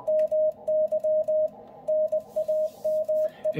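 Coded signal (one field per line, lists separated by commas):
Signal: Morse code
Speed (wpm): 20 wpm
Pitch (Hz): 620 Hz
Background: radio noise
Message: MY NAME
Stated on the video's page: CW memory keying on an Icom IC-705.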